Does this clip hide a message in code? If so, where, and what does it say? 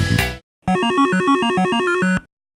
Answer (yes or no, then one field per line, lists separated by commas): no